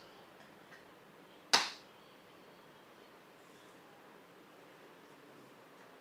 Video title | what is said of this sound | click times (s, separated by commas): Patient Lift Transfer wheelchair ✅ - Now transfer the patient from Bed to Chair - with Commode Chair | திருப்பியும் இப்போது பிரேக்கை வந்து unlock பண்ணிவிட்டு நம்ம பேஷண்ட்டை மூவ் பண்ணலாம். | 1.5 s